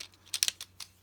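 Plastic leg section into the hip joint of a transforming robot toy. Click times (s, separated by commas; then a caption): 0.4 s. The plastic leg section of a Takara Tomy Transformers Lunar Cruiser Prime robot figure is flipped and pushed into its hip joint during transformation, making a quick run of sharp, bright plastic ticks and snaps. The loudest snap at 0.4 s is the leg clicking into place, seated, with fainter clicks following at about 0.5, 0.6 and 0.8 s.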